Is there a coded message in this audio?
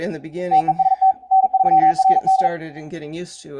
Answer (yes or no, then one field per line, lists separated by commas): yes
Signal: Morse code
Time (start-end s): 0.5-2.5 s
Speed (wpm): 42 wpm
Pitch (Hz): 760 Hz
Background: speech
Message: TEST N3RD